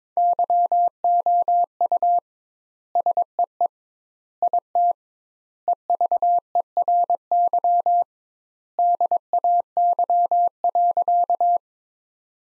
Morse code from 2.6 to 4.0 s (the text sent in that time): SEE